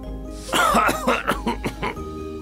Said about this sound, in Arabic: فتطاير الغبار في وجهه وأخذ يسعل ويسعل كخروف أصابه البرد.